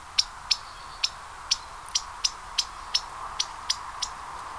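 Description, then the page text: River warbler alarm, a series of hard clicking ticks, with background hiss. Alarmed bird, alarm apparently caused by a stoat looking out of a small hole, 15 July 2009 in Espoo, Finland. "Ääniä 15.7.2009 Espoo. Ensimmäinen on varoitteleva viitasirkkalintu"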